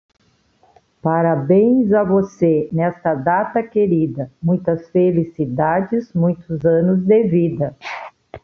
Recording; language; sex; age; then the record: short text; Brazilian Portuguese; female; 60 to 69 years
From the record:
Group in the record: control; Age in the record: 66 years